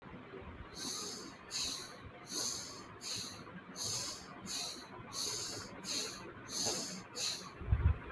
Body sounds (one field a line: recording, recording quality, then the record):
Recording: shallow breathing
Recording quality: excellent, no background noise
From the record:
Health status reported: healthy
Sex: male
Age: 31 years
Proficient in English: yes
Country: India